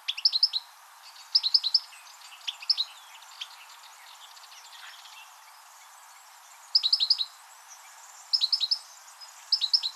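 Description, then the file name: European goldfinch calls: quick, liquid chirping notes in tight groups of three or four, with a long pause midway through, then more bursts near the end. "Carduelis carduelis"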